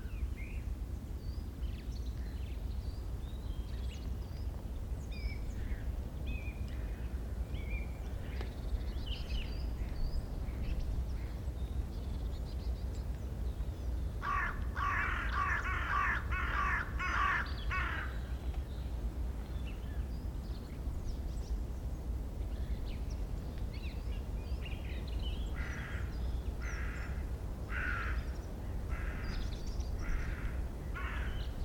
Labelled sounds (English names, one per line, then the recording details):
Hooded Crow call
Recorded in the wild
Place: Bergen, Insel Rügen, Mecklenburg-Vorpommern, DE
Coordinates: 54.415, 13.426
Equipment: Nagra III BH, Sennheiser MD 21
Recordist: Schubert, Michael
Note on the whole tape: zwei Nebelkrähen bei Rundflügen über dem Hochwald